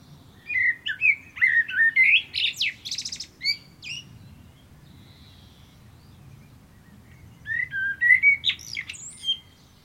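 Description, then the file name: Common blackbird singing two mellow, fluted warbling phrases, each breaking into high squeaky twitters, separated by a few seconds of quiet. "Turdus merula"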